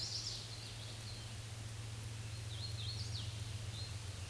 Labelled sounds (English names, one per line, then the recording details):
Hooded Warbler song
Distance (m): 70 m
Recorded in a Pennsylvania forest on 18 May 2023 at 07:29
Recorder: AudioMoth, point grid1_2_low
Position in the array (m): 136 m, 90 m